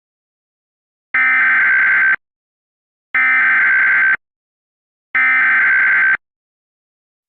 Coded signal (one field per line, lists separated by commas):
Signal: Emergency Alert System (SAME) tones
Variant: header bursts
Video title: HastyTube Network EAS Immediate Evacuation for San Miguel County | HastyTube Network Albuquerque NM